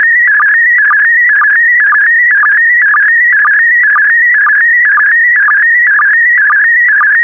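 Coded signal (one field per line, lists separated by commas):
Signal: SSTV (slow-scan television)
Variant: PD120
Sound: steady warbling whistle near 2 kHz with a rhythmic low blip about twice a second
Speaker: Five, four, three, two, one. Transmission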